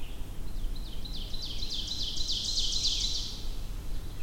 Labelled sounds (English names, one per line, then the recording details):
Ovenbird song
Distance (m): 40 m
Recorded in boreal forest in Alberta, Canada, on 22 June 2016 at 08:16
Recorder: SongMeter 3, array SBT-6-76
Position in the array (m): 275 m, 105 m
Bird 1